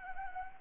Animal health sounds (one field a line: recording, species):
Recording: mosquito wingbeat signal from an infrared sensor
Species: Anopheles gambiae